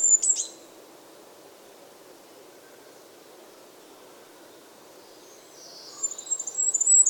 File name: Regolo